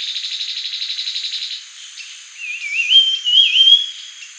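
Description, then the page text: Grey-headed babbler: a fast pulsing trill for about a second and a half, a pause, then a warbling whistled phrase climbing and wavering, with steady high background hiss. "Grey-Headed Babbler Song and Calls. Quick Sounds"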